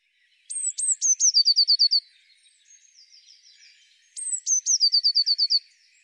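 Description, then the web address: Eurasian blue tit giving high, thin notes that slide down, then a fast tinkling trill. The phrase sounds twice, about four seconds apart, with a softer buzzy trill between them. "cianscape birddata Deverinetal 2025 File cleaned normalized Bird Cy Ca"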